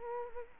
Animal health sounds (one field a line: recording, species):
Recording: mosquito wingbeat signal from an infrared sensor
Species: Culex quinquefasciatus